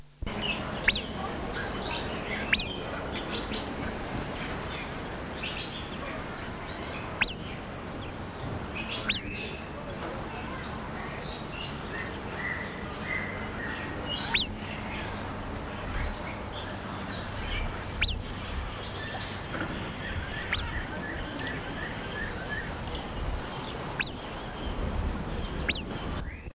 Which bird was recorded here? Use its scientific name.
Mitu salvini